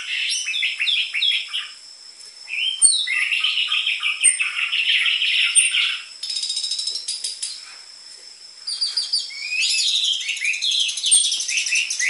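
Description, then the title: Orange-headed thrush song: rapid, varied phrases of sweet whistles and chattering notes, with pauses, over a steady thin high-pitched tone in the background. Lure (pancingan) and master song material for training caged orange-headed thrushes; dense filler song ('isian rapat'), suited to the spotted 'trotol' form. "PANCINGAN Anis Merah Gacor Materi Isian Rapat Cocok Untuk MASTERAN Anis Merah TROTOL"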